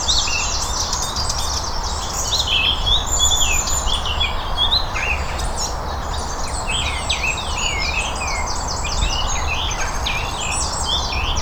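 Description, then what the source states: Several birds singing at once, quick warbling and chirping phrases tumbling over each other without pause, with a low steady rumble beneath. Birdsong on Cadbury Hill.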